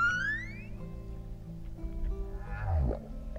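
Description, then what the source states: Humpback whale song: a rising harmonic whoop, then sustained low moaning tones and a falling sweep near the end. Song played as an example.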